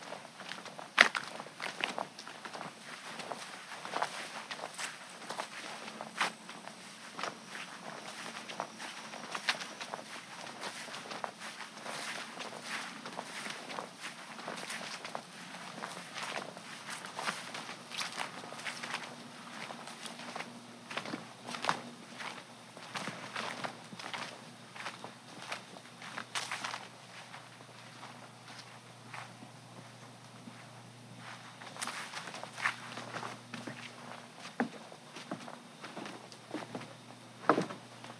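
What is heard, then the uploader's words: Footsteps crunch steadily through the woods in the early evening, with frequent quick rustles and snaps and a soft low hum beneath. West Michigan Woods and Stream. An early evening walk through the lively woods and along the bubbling stream as animals move all around.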